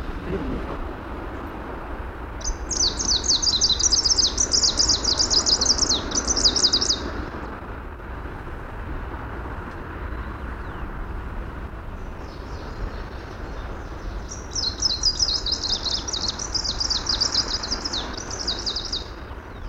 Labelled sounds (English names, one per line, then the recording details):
Greenish Warbler song
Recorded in the wild
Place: Sassnitz, Insel Rügen, Mecklenburg-Vorpommern, DE
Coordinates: 54.565, 13.615
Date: 1978-06-15
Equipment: Nagra III BH, Sennheiser MD 21, parabola
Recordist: Schubert, Michael